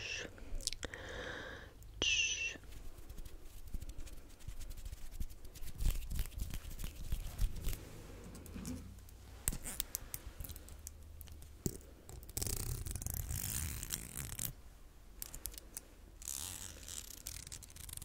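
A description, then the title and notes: Soft brushing and combing sounds rustle and scrape in irregular strokes, with bright bristly bursts near 1–2 seconds, around 12.5 to 14 seconds, and again near 16 seconds. Quieter, denser scratching fills the gaps. ASMR Comforting You With Personal Attention NO TALKING Face Brushing, Hair Combing etc.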